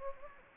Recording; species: mosquito wingbeat signal from an infrared sensor; Anopheles gambiae